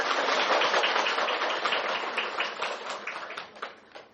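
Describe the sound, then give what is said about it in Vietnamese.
An audience at a Buddhist dharma gathering applauds to welcome a teacher, with dense, steady clapping that holds strong for about three seconds, then thins out and fades toward the end. No voices are heard. “Xin tất cả chúng ta cho tràng vỗ tay.”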